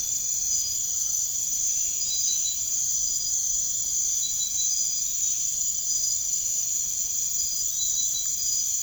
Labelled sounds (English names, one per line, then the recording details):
none
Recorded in secondary vegetation near Puerto Asís, Putumayo, Colombia, on 21 March 2025 at 00:30
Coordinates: 0.489, -76.322
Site G042